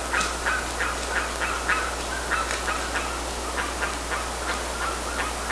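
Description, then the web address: Bird calling in a fast series of short notes over a steady background hiss. "BIRD 2015 SABIOD 50 bird 2015"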